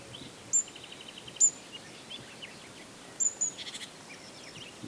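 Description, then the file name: Great tit calls: high piercing single notes, a quick run of soft ticking notes, and a short buzzy rattle, spaced irregularly over light background noise. "Parus major"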